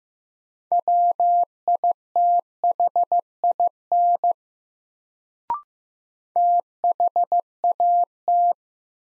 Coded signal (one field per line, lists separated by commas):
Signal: Morse code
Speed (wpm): 15 wpm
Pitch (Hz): 700 Hz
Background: none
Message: WITHIN THAT